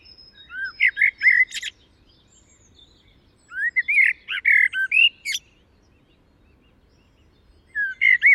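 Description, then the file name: Common blackbird song: mellow, warbled phrases breaking into sharp high twitters, repeated with short gaps; a thin high whistle from another bird sounds faintly early on. "Turdus merula"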